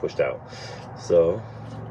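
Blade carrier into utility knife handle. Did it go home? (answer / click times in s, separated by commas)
no / none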